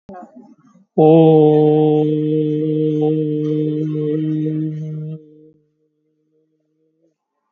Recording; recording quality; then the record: sustained vowel as in boot; excellent, no background noise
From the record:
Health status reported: COVID-19 positive, no symptoms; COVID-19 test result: positive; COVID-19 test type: RT-PCR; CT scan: taken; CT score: 4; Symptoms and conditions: fever, diabetes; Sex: male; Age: 51 years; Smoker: no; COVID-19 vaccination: both doses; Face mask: worn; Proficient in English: yes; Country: India